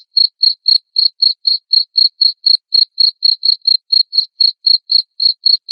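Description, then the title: Cricket giving a continuous run of high, sharp chirps, about four each second, with no pauses. Loud cricket chirping (ngerik), played to make lovebirds keep singing (ngekek). "Suara JANGKRIK NGERIK Keras Bikin LOVEBIRD Jadi NGEKEK Terus Vubey"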